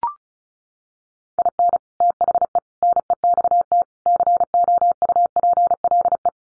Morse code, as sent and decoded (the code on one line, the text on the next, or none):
.. -. / - .... . / -. . -..- - / -.-. --- ..- .--. .-.. .
IN THE NEXT COUPLE